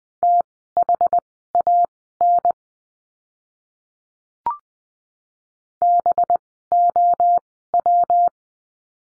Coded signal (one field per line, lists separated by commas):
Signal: Morse code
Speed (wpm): 20 wpm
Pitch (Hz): 700 Hz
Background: none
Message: THAN BOW